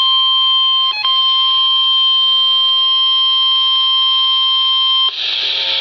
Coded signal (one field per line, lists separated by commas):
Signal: Emergency Alert System (SAME) tones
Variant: 1050 Hz attention tone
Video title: EAS Alert #36 - Severe Thunderstorm Warning #15 5/12/14